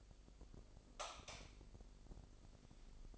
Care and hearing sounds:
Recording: daily activity, microphone in the room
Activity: light off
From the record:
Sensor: 5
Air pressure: 995.4 hPa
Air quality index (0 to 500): 86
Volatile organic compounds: 4 ppm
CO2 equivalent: 1610 ppm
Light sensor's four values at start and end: 36/86/35/35 and 35/81/33/33

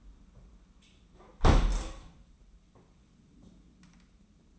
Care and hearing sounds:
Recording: daily activity, microphone in the room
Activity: close window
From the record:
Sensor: 1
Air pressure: 994.4 hPa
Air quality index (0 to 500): 213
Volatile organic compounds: 1000 ppm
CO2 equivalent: 7662 ppm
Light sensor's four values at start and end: 75/164/74/78 and 76/165/75/79

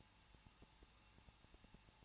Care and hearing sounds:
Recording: daily activity, microphone in the room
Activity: no activity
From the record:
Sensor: 1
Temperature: 20.1 degrees Celsius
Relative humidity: 39.1%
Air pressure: 1006.3 hPa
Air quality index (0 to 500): 217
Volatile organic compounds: 75 ppm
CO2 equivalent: 3566 ppm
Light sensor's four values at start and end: 1/2/1/1 and 1/2/1/1

